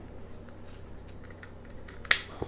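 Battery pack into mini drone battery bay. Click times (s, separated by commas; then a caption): 2.1 s. A small 3.7 V, 650 mAh lithium battery pack is pushed into the battery bay of a LANSENXI NVO 4K foldable mini drone. Faint ticks and handling noise lead up to one sharp, loud click at 2.1 s, followed by a softer tap at about 2.4 s. The battery snaps in and is seated.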